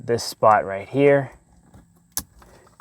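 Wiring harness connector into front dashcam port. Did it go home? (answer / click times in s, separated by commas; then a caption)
yes / 2.2 s. Someone talks while the second end of a wiring harness is plugged into its port on the front-facing FIXCAMX 4K HDR dashcam, a plastic connector, for an Acura MDX. After a quiet pause, a single sharp click at 2.2 s shows the connector seating in place, followed by a few faint small ticks.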